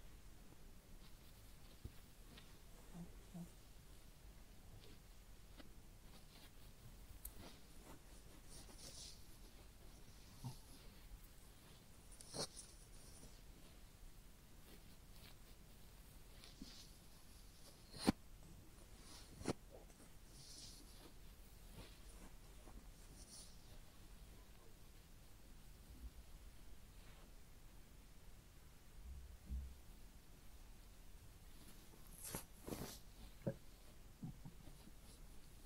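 Head massage and ear cleaning make soft rubbing and scratching, with sharp clicks and taps near 18, 19 and 33 seconds over a low hiss.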